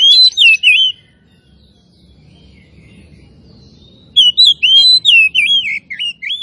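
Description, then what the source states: Oriental magpie-robin song: a short loud burst of whistled swoops, a quiet gap of three seconds, then a long run of rich, varied whistles. Kacer from Tretes; described as gacor, singing continuously.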